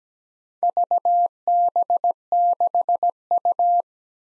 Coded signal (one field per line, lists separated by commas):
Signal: Morse code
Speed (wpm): 17 wpm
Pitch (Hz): 700 Hz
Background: none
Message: VB6U